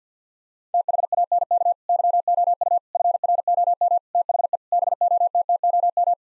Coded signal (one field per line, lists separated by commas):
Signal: Morse code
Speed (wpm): 50 wpm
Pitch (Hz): 700 Hz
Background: none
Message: THANK YOU FROM THE BOTTOM